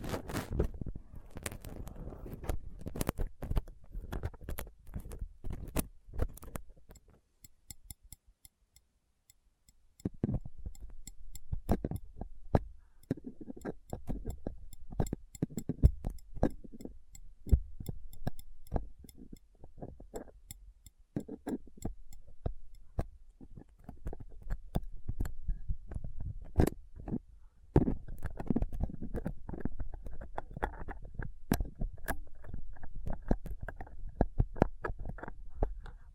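Rough scraping and picking at a microphone with a dental pick, tweezers and a cotton swab, made of dense clusters of sharp scratches and ticks with low thumps. A near-silent gap falls around seconds eight to ten, then the busy picking resumes unevenly until the end.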